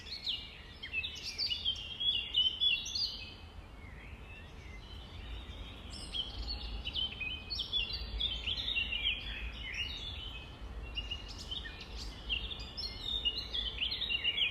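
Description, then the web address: Nightingale singing dense, tumbling phrases of sharp chirps and rattling trills, pausing briefly before resuming, over a low background hum. Recorded at dawn, 05:33, on 5 May 2020. "20200505-053342. 2020 05 06 nightingales"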